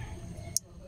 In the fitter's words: O ayun, pag lumagitik, lock na yun.